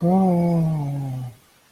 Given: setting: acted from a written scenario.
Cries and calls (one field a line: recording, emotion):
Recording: vocal sound without words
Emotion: awe